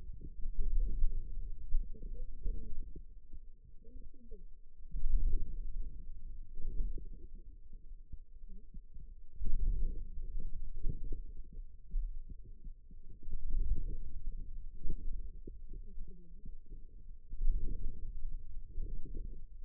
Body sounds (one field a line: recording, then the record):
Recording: forearm muscle sounds (acoustic myography)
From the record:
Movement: wrist extension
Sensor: system 2, bracelet of six BSWA MPA416 microphones around the upper forearm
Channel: 4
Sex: female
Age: 21 years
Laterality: right